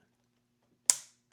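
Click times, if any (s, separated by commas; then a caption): 0.9 s. A phone case kickstand folds back flat against the back of a Magbak Elite phone case and snaps shut. A single sharp click lands at 0.9 s over quiet background, then decays quickly. The kickstand is closed.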